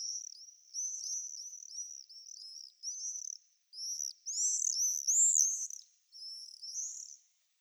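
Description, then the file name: Common swift screaming calls, a series of shrill, buzzy high screams in bursts, some overlapping as if from several birds, with short pauses between groups. "Martinet noir Apus apus Ollivier Swift"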